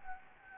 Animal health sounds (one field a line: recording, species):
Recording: mosquito wingbeat signal from an infrared sensor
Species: Anopheles gambiae